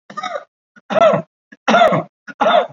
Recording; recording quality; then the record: shallow voluntary cough; moderate, slight background noise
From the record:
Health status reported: COVID-19 positive, moderate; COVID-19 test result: positive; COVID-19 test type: RT-PCR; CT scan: not taken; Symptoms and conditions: cough, cold, fever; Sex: male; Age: 70 years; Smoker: no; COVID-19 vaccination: both doses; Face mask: worn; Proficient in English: no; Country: India